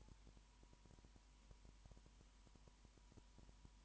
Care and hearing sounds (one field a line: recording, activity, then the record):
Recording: daily activity, microphone in the room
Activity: no activity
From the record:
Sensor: 1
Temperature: 19.2 degrees Celsius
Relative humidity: 37.8%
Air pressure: 1001.1 hPa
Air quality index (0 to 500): 197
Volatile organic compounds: 7 ppm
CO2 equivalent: 1995 ppm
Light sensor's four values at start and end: 1/2/1/1 and 1/2/1/1